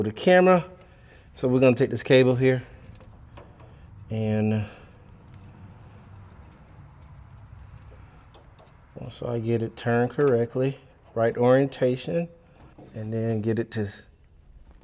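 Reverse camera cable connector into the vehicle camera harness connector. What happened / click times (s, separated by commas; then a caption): The camera connector is being lined up, not yet plugged in / none. Someone talks while handling the reverse camera cable for a 2015 Silverado, turning its plastic connector to the right orientation before pushing it into the vehicle camera harness connector. Faint handling sounds come between the talking. Nothing has seated or clicked yet.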